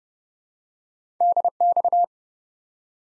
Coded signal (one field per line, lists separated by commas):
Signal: Morse code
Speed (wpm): 30 wpm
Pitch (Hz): 700 Hz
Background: none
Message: DX